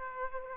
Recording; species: mosquito wingbeat signal from an infrared sensor; Aedes aegypti